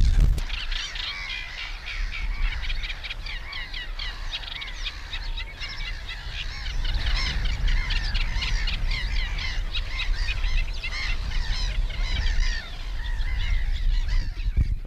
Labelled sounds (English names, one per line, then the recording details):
Eurasian Reed Warbler song
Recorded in the wild
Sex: male
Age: adult
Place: Schönerlinde, Naturpark Barnim, Brandenburg, DE
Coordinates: 52.6511, 13.4058
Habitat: pond
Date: 1991-06-09 10:55
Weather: partly sunny, 15 - 17°C
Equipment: Marantz, Sennheiser ME 80, Kopie Tesla B 116
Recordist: Tembrock, Günter